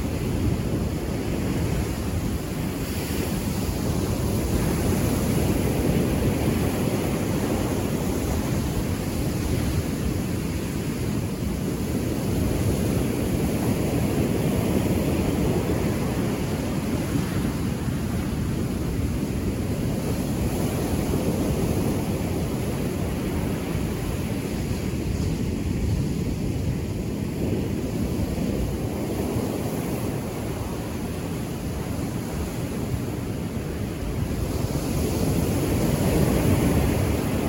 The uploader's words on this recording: Ocean Waves. Recorded on the central coast of California, waves crash against rocks and lap onto the sand.